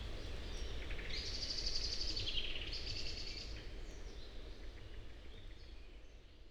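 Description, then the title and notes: Eurasian blackcap singing a short burst of rapid repeated high notes that drop into a lower flourish, followed by a second phrase, over a constant low rumble. Several birds recorded in passing in the heart of the Forêt de Chautagne, on a wide drivable track near roads, Serrières-en-Chautagne, France; Dodotronic stereo parabola (EM172), Zoom H4n pro. "Forêt de Chautagne - Serrières-en-Chautagne, France - Fauvette à tete noire. j'enregistre "au vol" ces fauvettes à tete noire. Merci à Marc Namblard pour les identifications"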